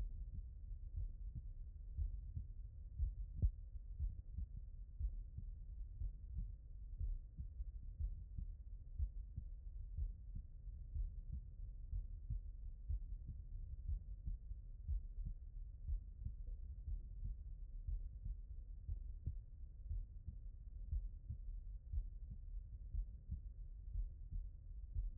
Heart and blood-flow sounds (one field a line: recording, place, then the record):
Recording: heart sounds by stethoscope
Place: pulmonary valve (PV)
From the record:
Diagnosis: non-HFrEF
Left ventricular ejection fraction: 48%